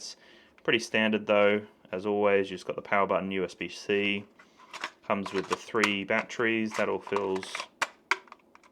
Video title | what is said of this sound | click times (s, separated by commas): DJI Lito X1 Fly More Combo – Everything You Get 📦 | it doesn't actually click as nicely. | 7.8 s, 8.1 s